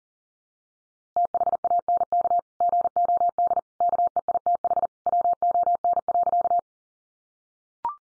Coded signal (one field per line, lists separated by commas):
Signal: Morse code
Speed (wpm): 40 wpm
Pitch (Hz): 700 Hz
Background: none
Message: THANK GOD KEITH WON.